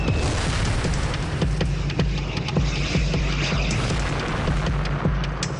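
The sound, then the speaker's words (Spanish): A rocket fired by a Typhoon aircraft at a tank explodes, missing it. It makes a deep, sustained rumbling roar broken by repeated sharp cracks and thuds, loud and steady throughout, with no voices. “Otra vez se escuchó el sonido de un tren en un túnel y luego la explosión.”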